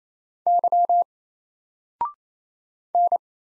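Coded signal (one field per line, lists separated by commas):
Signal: Morse code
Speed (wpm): 27 wpm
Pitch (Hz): 700 Hz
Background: none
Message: Y N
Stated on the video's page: Morse practice at 28 wpm: single random letters and numbers, each sent, spoken, then sent again, for head-copy.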